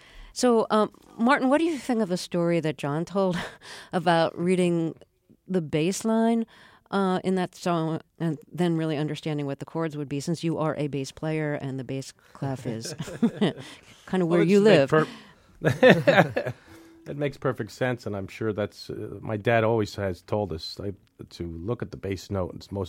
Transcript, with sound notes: So Martin, what do you think of the story that John told about reading the bass line in that song and then really understanding what the chord would be, and you are a bass player, and the bass clef is kind of where you live.
(LAUGHTER)
That makes perfect sense, and I'm sure that's - my dad always has told us to look at the bass note,